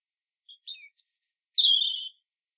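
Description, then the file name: European robin phrase opening with soft short notes, then a drawn-out very high whistle and a falling, rich warble. "Erithacus rubecula"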